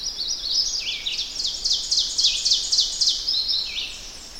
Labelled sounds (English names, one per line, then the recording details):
Ovenbird song
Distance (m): 25 m
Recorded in boreal forest in Alberta, Canada, on 10 June 2016 at 06:53
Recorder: SongMeter 3, array SBT-3-39
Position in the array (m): 196 m, 89 m
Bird 17